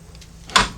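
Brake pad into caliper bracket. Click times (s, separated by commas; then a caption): 0.6 s. A brake pad for a Jeep XJ front brake caliper replacement is lined up at the bottom first, then slapped into the metal caliper bracket. Faint light ticks come first, then a loud metallic knock at 0.6 s as the pad seats in the bracket.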